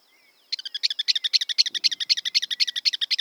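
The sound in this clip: Campo miner calling a fast, steady series of harsh, buzzy notes, after a thin high tone at the start.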